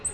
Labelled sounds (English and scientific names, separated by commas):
Black-throated Green Warbler (Setophaga virens) flight call